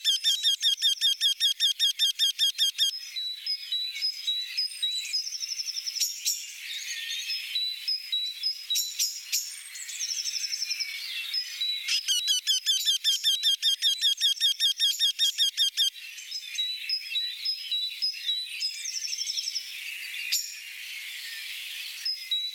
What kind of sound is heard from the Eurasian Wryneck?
song